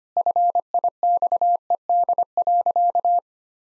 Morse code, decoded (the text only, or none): FIXED.